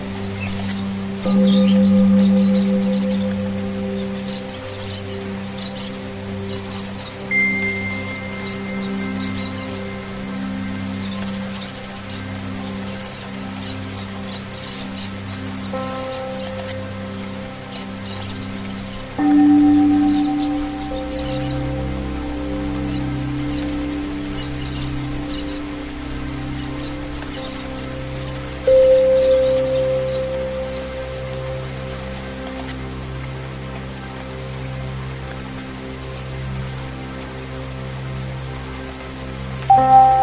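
Tibetan singing bowls ring out in long, steady tones, with new strikes around 2, 19, 29 and 40 seconds, each swelling then slowly fading. Beneath them runs a soft, constant patter of rain, and a deep hum shifts lower just after 20 seconds.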